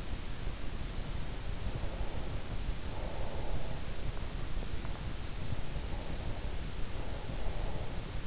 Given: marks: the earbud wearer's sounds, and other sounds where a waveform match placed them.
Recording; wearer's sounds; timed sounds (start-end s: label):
sounds in sleep by an in-ear microphone; breath
0.13-3.88 s: breath
5.44-8.27 s: breath